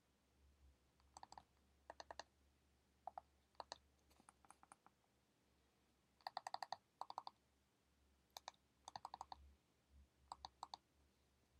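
Studying with a pencil: sharp, bright clicks and taps come in quick clusters of two to five, roughly every second, busiest around the middle and near the end. A low steady hum and a faint hiss run underneath, with the hum briefly dropping out.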